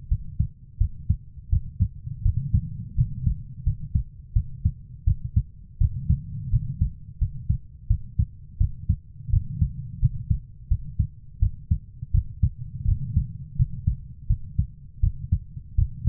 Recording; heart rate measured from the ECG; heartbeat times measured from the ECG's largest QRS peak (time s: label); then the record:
heart sounds by stethoscope; 84 bpm
0.08 s: heartbeat
0.78 s: heartbeat
1.50 s: heartbeat
2.23 s: heartbeat
2.95 s: heartbeat
3.64 s: heartbeat
4.33 s: heartbeat
5.04 s: heartbeat
5.78 s: heartbeat
6.50 s: heartbeat
7.19 s: heartbeat
7.87 s: heartbeat
8.58 s: heartbeat
9.30 s: heartbeat
10.00 s: heartbeat
10.68 s: heartbeat
11.40 s: heartbeat
12.12 s: heartbeat
12.85 s: heartbeat
13.56 s: heartbeat
14.27 s: heartbeat
15.00 s: heartbeat
15.75 s: heartbeat
From the record:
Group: healthy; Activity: rest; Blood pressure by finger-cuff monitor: 130/78 mmHg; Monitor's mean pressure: 96 mmHg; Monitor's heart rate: 84 bpm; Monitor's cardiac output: 7 L/min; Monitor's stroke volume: 82 mL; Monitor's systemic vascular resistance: 1020 dyn s/cm5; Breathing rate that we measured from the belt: 17 breaths a minute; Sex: female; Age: 24 years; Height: 163 cm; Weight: 55.7 kg